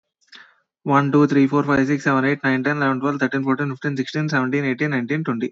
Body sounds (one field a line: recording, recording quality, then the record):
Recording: counting at a fast pace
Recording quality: excellent, no background noise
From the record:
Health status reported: healthy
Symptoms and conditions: none ticked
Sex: male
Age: 22 years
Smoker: not ticked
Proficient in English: yes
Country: United States